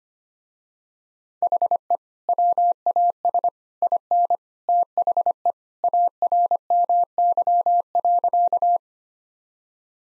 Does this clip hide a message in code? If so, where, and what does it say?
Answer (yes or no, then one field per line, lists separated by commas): yes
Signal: Morse code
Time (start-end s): 1.4-8.8 s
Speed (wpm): 25 wpm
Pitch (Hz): 700 Hz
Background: none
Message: HE WAS IN THE ARMY.